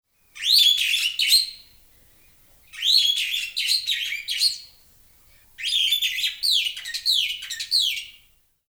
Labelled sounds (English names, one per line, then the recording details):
Superb Starling
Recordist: Tembrock, Günter
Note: Strophenfolge